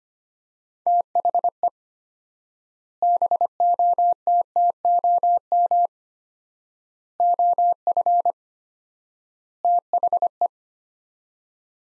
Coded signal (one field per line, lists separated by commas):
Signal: Morse code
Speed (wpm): 25 wpm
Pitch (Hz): 700 Hz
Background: none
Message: THE BOTTOM OF THE